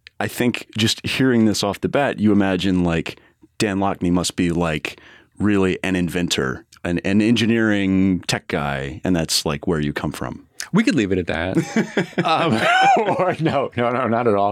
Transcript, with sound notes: I think just hearing this off the bat, you imagine like, “Dan Lockney must be like, really an inventor, an engineering tech guy,” and that’s like where you come from.
We could leave it at that. [Laughs] No, no, no, no, not at all.